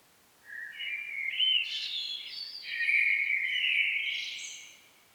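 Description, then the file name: Common blackbird song, a single long phrase of low, rounded whistles rising into brighter, chattering twitters before fading out. "Turdus merula"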